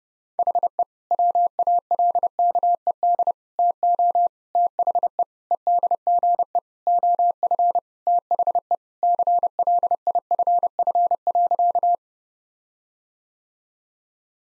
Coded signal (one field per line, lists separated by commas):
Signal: Morse code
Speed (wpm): 30 wpm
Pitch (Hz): 700 Hz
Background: none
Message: HE WALKED TO THE EDGE OF THE CLIFF.